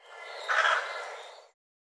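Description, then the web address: Bird call, a single harsh, noisy note with a louder burst in the middle, over background hiss, then silence. "cianscape birddata Deverinetal"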